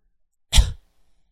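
A single cough from an adult in a TV studio audience, a short burst of about a quarter second, used as a cheating signal.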